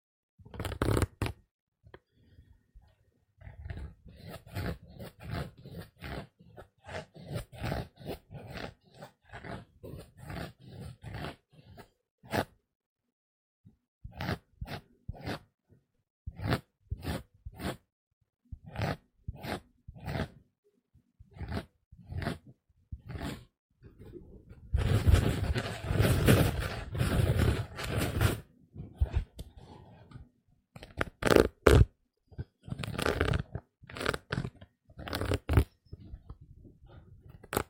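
A sponge scratches in rapid rough bursts with short pauses, turning denser and louder around 25 seconds, then returning to scattered strokes.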